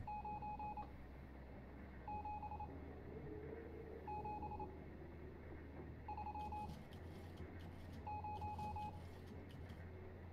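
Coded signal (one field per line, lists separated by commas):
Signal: Morse code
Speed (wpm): 26 wpm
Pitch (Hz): 840 Hz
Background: none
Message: 97730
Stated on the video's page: Morse code heard in the game Stories Untold during a full playthrough.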